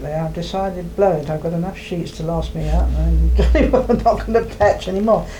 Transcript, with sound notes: I've decided, blow it! I've got enough sheets to last me out, [bursts out laughing] and I'm not gonna patch any more.